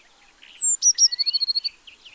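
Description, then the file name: Eurasian blue tit song: a high drawn note and two sharp notes, then a rapid even trill; another bird gives a faint rising note under it. "Cyanistes caeruleus"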